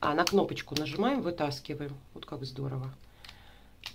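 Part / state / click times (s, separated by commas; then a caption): abrasive roller attachment onto electric foot file head / seated / 3.9 s. An abrasive roller attachment is removed from a Dykemann Werlerr S-8 electric foot file by pressing the release button and pulling it off, then pushed back onto the plastic holder of the foot file head. Someone talks over soft handling clicks, and a sharp click at 3.9 s marks the roller seating in place.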